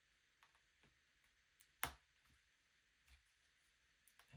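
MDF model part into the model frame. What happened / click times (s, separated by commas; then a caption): The wooden part snapped in but did not fully seat / 1.8 s. An MDF part is pressed into the frame of a UGears AT-ST Walker wooden model kit, and it gives a sharp snap at 1.8 s among a few faint ticks. The part is still not all the way in, and it is fragile because it is MDF rather than plywood.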